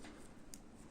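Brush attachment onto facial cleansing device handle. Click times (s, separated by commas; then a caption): 0.5 s. A plastic cleansing brush attachment is fitted onto the handle of a Braun FaceSpa Pro 911 facial cleansing and massage device. A sharp, short click at 0.5 s stands out over a steady low background, and the brush head is seated.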